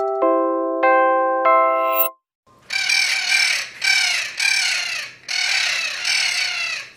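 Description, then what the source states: Spix's macaw: a ringing chime for two seconds, then several loud, raspy, grating squawks in a row. Mating call of juvenile Spix's macaws; the species may soon no longer be heard in the wild.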